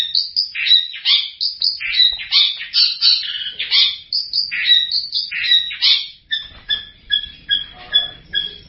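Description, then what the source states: Long-tailed shrike song: a varied run of quick, harsh chirps and sharp whistled notes, then a steadier series of short repeated notes toward the end. Champion competition songbird.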